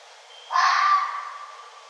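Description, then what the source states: Red fox giving a single harsh, hoarse scream, then a thinner tone trailing off. Recorded 1 November 2011.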